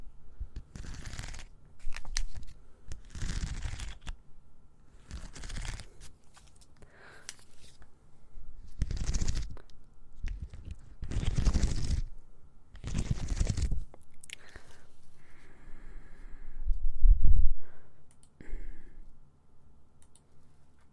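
ASMR mouth sounds and ear cleaning: soft, wet, crackly bursts come in irregular clusters about every one to two seconds, with brief gaps between them. Fine clicks and scratchy rustles fill the spaces, and a faint, steady low hum sits underneath throughout.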